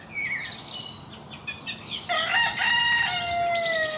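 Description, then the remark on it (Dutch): In a vegetable garden in Laren, Gelderland, Netherlands, a rooster crows once in a long, loud, harmonically rich call that holds and then trails off, following a couple of seconds of thin, high chirping from a reed warbler and a common redstart. “En een haan.”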